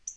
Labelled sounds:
Black-throated Blue Warbler (Setophaga caerulescens) flight call

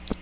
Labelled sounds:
Magnolia Warbler (Setophaga magnolia) flight call

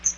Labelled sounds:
Chestnut-sided Warbler (Setophaga pensylvanica) flight call

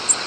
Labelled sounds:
American Redstart (Setophaga ruticilla) flight call

